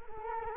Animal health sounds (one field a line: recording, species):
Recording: mosquito wingbeat signal from an infrared sensor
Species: Culex quinquefasciatus